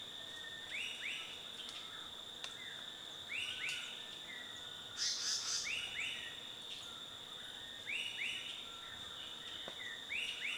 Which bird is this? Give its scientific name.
Terpsiphone rufiventer